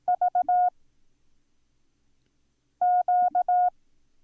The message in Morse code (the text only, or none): VQ